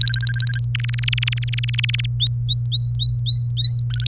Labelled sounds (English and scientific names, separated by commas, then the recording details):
Domestic Canary (Serinus canaria) song
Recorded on 27 April 2018 at 05:50
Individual llb3